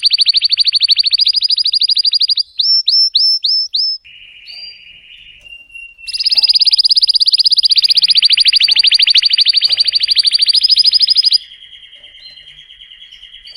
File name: canto do canario belga vermelho nevado